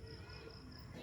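An Osram H7 LED headlight bulb is being handled and pushed into the socket of a car headlight housing, with the bulb's wire meant to face downward. Only a steady, even noise is heard, with no distinct hit or click. Nothing has seated or clicked yet.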